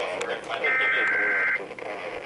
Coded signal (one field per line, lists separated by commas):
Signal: Emergency Alert System (SAME) tones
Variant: header bursts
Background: speech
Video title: SALT NEEDED... Connecticut's LATE Monthly Test Mini-Vlog (6/18/20) (EAS 2733-2738)